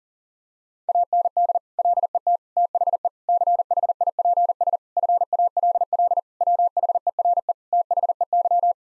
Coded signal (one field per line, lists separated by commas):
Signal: Morse code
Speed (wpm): 40 wpm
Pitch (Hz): 700 Hz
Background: none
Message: AND LET THE CHIPS FALL WHERE THEY